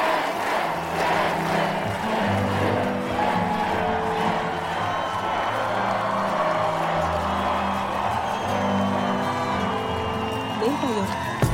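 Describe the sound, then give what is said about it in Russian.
An audience claps and cheers joyfully as a concert begins, a dense, steady wash of applause mixed with excited crowd voices and whoops that holds at an even loudness for the whole stretch. “Зрители радостно аплодируют.”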